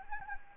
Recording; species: mosquito wingbeat signal from an infrared sensor; Anopheles gambiae